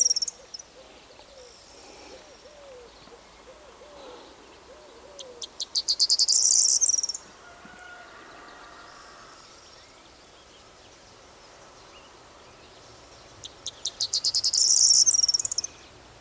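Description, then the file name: Corn bunting singing two jangling phrases about eight seconds apart, each starting with stuttering clicks and ending in a bright, jingling trill; faint wavering low notes elsewhere. "Stuart Fisher - Prosyanka Emberiza calandra"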